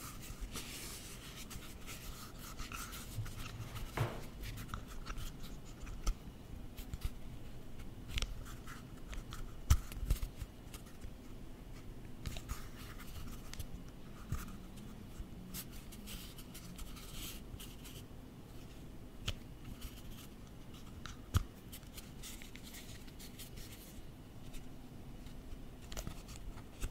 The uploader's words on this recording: Close-up Tapping & Tracing Office Objects. Gusti was at the office and he found a lot of interesting objects to tap or to trace on.